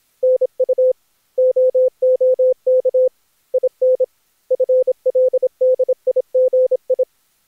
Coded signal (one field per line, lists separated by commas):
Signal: Morse code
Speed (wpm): 22 wpm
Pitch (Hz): 510 Hz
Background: none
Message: NU OOK IN FLDIGI